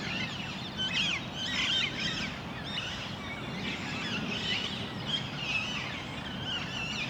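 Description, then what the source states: Parakeets uttering harsh, grating screeches in loose groups, loudest near the start, with constant low background rumble. Parakeets in Parc Duden, Forest, Brussels, Belgium, just before nightfall; recorded with Zoom MicTrak M4 internal XY microphones.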